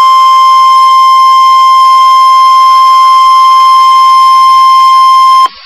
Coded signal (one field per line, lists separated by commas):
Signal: Emergency Alert System (SAME) tones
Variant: 1050 Hz attention tone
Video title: Tornado Warning (EAS #343)